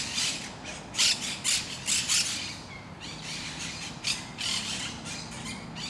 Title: Parc de Forest, 1060 Saint-Gilles, Belgique - Parakeets - Perruches